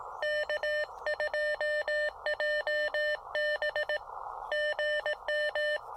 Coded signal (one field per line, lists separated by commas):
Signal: Morse code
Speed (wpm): 18 wpm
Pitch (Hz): 590 Hz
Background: none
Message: K2JB GM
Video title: Amazing SOTA Activation of Mount Pisgah (W4C/CM-011) pairing the Elecraft KX2 and CHA MPAS Lite!